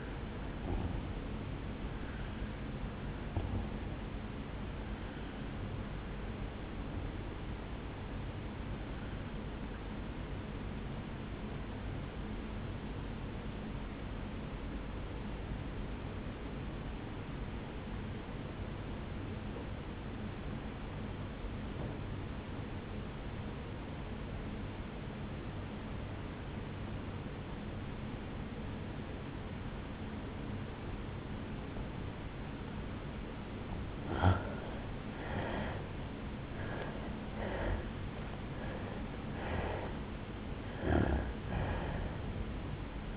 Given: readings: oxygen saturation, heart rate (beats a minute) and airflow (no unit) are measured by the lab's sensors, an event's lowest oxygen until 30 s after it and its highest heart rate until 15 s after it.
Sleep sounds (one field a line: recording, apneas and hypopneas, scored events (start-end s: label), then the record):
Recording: breathing in sleep by a voice recorder at the bedside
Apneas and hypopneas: 1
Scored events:
2.00-32.00 s: new sleep stage, N1 (lightest sleep)
10.00-32.70 s: obstructive apnea (N1, oxygen 97% highest, then 83% lowest, heart rate 56 at the start, 76 highest)
32.00-43.17 s: new sleep stage, N2 (light sleep)
From the record:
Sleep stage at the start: N2 (light sleep)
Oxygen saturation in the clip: 85 to 97%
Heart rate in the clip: 55 to 76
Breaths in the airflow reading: 7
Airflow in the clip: -10.0 to 9.1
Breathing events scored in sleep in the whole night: 449 in 7.0 hours asleep